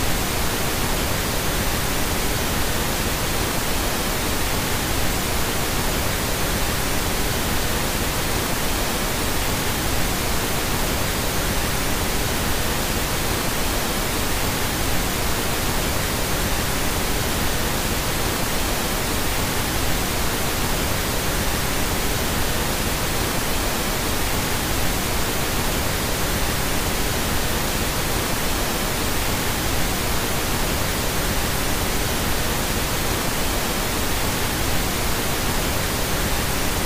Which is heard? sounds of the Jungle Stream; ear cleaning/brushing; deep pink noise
deep pink noise